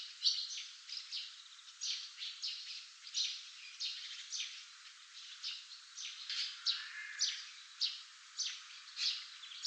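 Barn swallow calls: a steady run of bright, high chirps, nearly two every second, continuing throughout.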